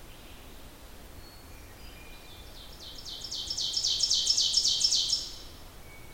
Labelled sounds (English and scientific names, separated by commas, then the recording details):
Ovenbird (Seiurus aurocapilla) song
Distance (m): 25 m
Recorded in boreal forest in Alberta, Canada, on 14 June 2016 at 05:35
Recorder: SongMeter 3, array SBT-3-33
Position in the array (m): 118 m, 23 m
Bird 21